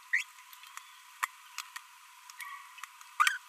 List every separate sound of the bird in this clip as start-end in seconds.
0.13-0.23, 1.23-1.25, 3.20-3.37